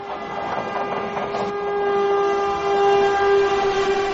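A train rumbles along while its horn sounds one long, steady, multi-toned blast that holds for several seconds and swells slightly louder toward the end, with no voices.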